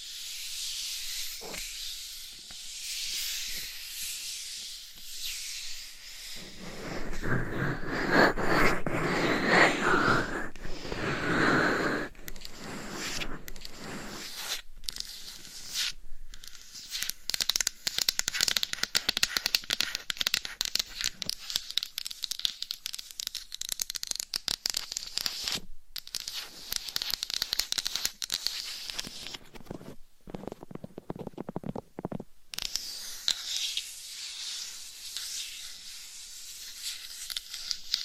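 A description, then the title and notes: Dry scratching with soft tapping. Light, hissy scratching opens, then from about 7 to 12 seconds a louder, fuller rubbing takes over, followed by rapid crackly scratching and taps through the middle with brief silences near 26 and 32 seconds, fading to softer scratching. ASMR Scratching , Tapping & Massage with DIFFERENT Mics , Items & Nails No Talking.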